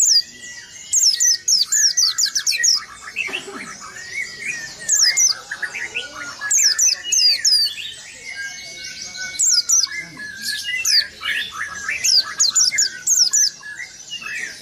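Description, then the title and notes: White-eye song: busy, high-pitched chirping and twittering in repeated bursts, with softer lower whistles and warbles behind. "Burung Peci. pleci"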